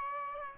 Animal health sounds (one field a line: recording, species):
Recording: mosquito wingbeat signal from an infrared sensor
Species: Aedes aegypti